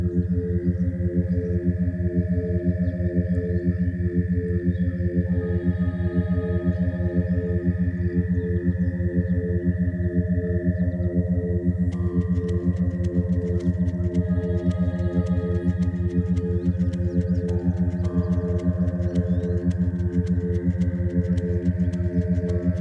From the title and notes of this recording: This thought experiment uses a carrier frequency of 87.3 Hz - the key of F, and produces a theta binaural of 6.2 Hz. The track uses a personal favorite field recording "Frogsong at Miner's Marsh" with the operatic crooning of green frogs recorded in the Annapolis Valley, Nova Scotia.